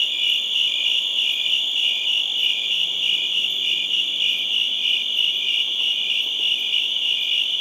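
Crickets chirping in a dense, steady chorus of high trilled pulses, with a faint low hum for a few seconds in the middle.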